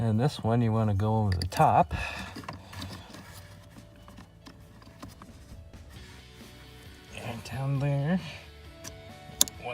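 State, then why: Seated. On a Jaguar F-Pace 2.0d, during installation of a RaceChip XLR, someone talks while pushing the two-part plastic wiring harness connector of the pedal box (male into female) together with its mating harness plug under the dash. A sharp click at 9.4 s shows the connector is seated, after which the safety clip is engaged.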